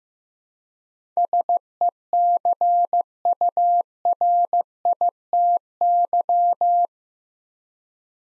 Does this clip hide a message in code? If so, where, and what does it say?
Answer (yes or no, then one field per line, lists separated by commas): yes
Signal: Morse code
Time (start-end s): 1.2-6.9 s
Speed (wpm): 15 wpm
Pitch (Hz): 700 Hz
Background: none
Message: SECURITY